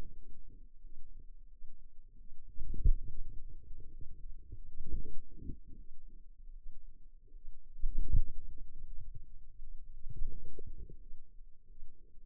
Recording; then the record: forearm muscle sounds (acoustic myography)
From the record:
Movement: wrist flexion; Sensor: system 2, bracelet of six BSWA MPA416 microphones around the upper forearm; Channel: 2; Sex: female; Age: 23 years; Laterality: right